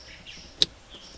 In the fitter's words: There, you might have heard that little snap.